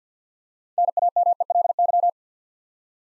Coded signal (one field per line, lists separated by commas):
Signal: Morse code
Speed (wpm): 50 wpm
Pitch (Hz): 700 Hz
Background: none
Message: NAMELY